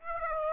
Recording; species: mosquito wingbeat signal from an infrared sensor; Aedes aegypti